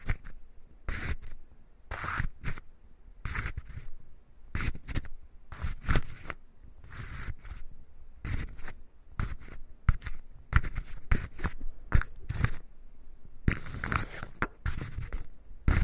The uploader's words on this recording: This episode is Wood Scraping.